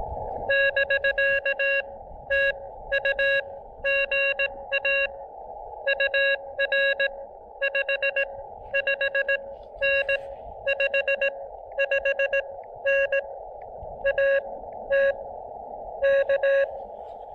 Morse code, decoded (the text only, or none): <BK> TU GA UR 55N 55N AT K